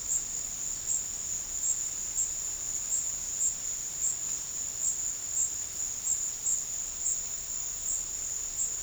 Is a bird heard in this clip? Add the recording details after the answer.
no. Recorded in dense forest near Puerto Asís, Putumayo, Colombia, on 13 March 2025 at 15:30. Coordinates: 0.484, -76.325. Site G045